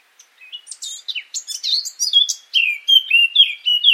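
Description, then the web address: Eurasian blackcap singing, a quiet scratchy twitter that builds into loud, clear fluting whistles, rich varied notes delivered rapidly over four seconds. "cianscape birddata Deverinetal 2025"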